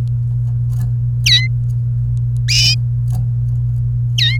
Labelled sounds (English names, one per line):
Domestic Canary song